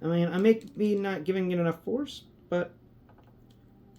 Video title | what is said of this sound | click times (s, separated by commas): Liege Maximo: Blind-Reaction & Verbal Transformation: Blindformers | it it kind of wants to, but then it just it just refuses to to do that last lock. | none